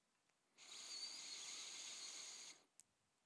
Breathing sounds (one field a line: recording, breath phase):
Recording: one breath near a microphone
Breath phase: inhalation